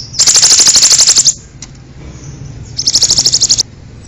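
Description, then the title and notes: Bird song: two fast, high, machine-like rattling trills with a quiet gap between them. "Bird Sound. Kicau Burung Lengkap"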